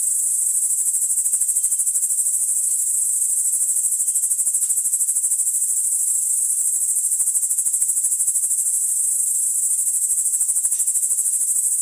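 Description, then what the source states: Crickets calling, a constant shrill pulsing buzz without pauses, steady in pitch and loudness throughout. Crickets recorded in the Emmental.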